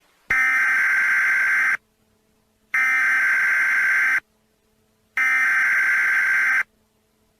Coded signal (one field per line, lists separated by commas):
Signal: Emergency Alert System (SAME) tones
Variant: header bursts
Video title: Emergency broadcast EAS SCENARIO | Tornado